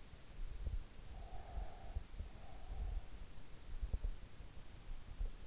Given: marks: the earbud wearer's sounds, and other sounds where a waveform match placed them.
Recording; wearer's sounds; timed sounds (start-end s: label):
sounds in sleep by an in-ear microphone; breath
1.04-3.11 s: breath